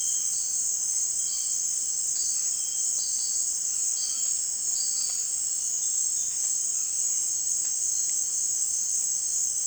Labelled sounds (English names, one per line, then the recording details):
none
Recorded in dense forest near Puerto Asís, Putumayo, Colombia, on 9 March 2025 at 17:00
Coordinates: 0.481, -76.323
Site G088